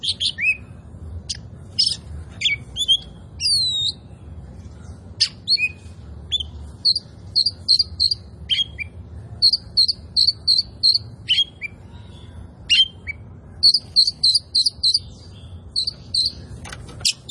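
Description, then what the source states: Oriental magpie-robin song, long and varied: sweeping whistles and scratchy notes give way to quick bursts of repeated high chirps in groups of three to five. A kacer poci, singing gacor (in full song).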